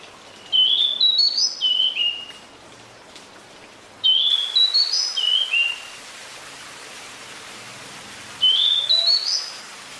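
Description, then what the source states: Pied Bushchat song: three similar whistled phrases rising in quick steps, the first two then dropping, spaced roughly four seconds apart, with soft background noise. Decu song used to fix a captive bird that has stopped singing; a territorial, fighting-type bird.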